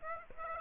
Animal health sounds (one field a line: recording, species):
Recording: mosquito wingbeat signal from an infrared sensor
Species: Aedes aegypti